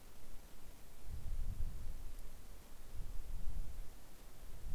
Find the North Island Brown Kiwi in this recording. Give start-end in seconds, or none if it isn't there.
none